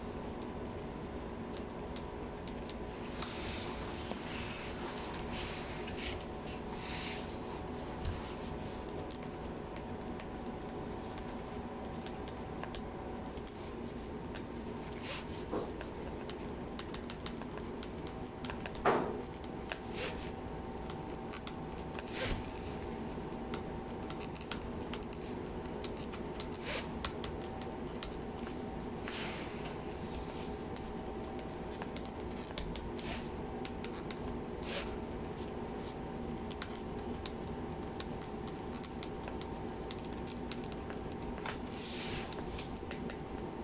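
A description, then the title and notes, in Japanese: Someone copying text by hand: faint pen scratches and taps come every few seconds over a steady low hum, with one sharper knock around nineteen seconds. 茨木のり子 著『女がひとり頬杖をついて』から、詩『ぎらりと光るダイヤのような日』を書き写している最中の音をお送りします。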